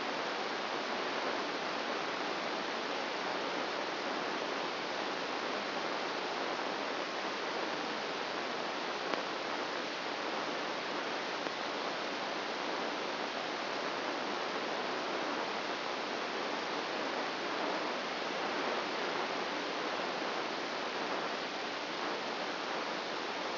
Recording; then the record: brain microelectrode recording played as sound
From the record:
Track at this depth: outside the subthalamic nucleus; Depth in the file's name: 0.514 mm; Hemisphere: right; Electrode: 2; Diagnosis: Parkinson's disease